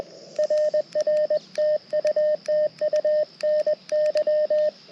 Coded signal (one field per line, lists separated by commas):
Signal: Morse code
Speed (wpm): 20 wpm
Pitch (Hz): 1800 Hz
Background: radio noise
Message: RR TU TU NY